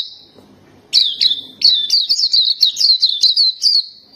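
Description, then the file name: Black-capped white-eye song: a brief high note, then a bright, rapid twittering run of chirps that starts about a second in and carries on to the end. "suara pleci dahi topi hitam"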